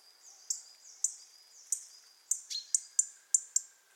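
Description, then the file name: European robin calls: thin high tsee notes alternating with sharp ticks roughly every half second, quickening near the end, with a faint lower whistle. "Erithacus rubecula"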